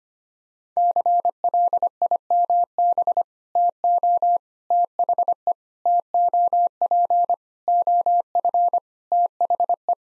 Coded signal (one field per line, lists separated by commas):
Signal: Morse code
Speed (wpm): 25 wpm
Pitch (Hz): 700 Hz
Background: none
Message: CLIMB TO THE TOP OF THE